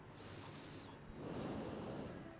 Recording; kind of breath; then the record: one breath in and out by a microphone near the nose and mouth; normal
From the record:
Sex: male